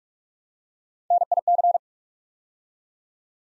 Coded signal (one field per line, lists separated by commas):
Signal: Morse code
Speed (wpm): 44 wpm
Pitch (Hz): 700 Hz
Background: none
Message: NIC